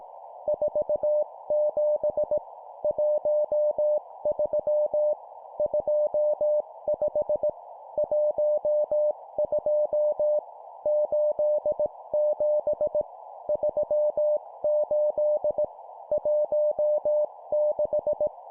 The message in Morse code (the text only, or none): 47 13 25 12 87 38 16